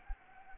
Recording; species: mosquito wingbeat signal from an infrared sensor; Anopheles gambiae